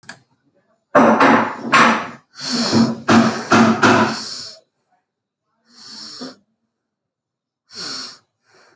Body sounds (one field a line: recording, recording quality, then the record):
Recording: shallow breathing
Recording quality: excellent, no background noise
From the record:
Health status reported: healthy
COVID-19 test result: not tested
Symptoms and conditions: cough, cold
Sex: female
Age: 25 years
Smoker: not ticked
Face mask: not worn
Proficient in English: yes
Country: India